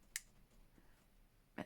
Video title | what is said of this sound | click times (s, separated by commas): Product Review - Lightwish Super Golden & Acrylic Paint Markers | you know, little click there as it sort of clips onto the end of the marker, | 0.2 s